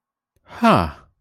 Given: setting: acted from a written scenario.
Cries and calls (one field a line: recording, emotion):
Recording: vocal sound without words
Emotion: confusion